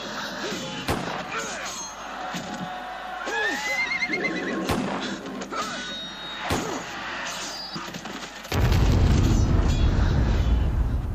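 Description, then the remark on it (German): Huge horses snort, neigh and whinny in rising, wavering cries amid sharp explosive cracks and booms as Spanish soldiers open fire on a crowd in a main square, ending in a loud, sustained rumbling roar like heavy blasts or gunfire. “Der Lärm der Explosionen, die riesigen schnaubenden Tiere, der Anblick der Rüstungen und Schwerter, ein Szenario des Terrors für die Inkas.”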